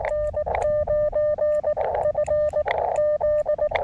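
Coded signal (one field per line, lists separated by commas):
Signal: Morse code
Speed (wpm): 19 wpm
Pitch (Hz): 600 Hz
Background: radio noise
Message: N9FZ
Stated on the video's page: QRP CW contacts on a homemade base-loaded shortened vertical antenna, in conditions poor for compromised antennas.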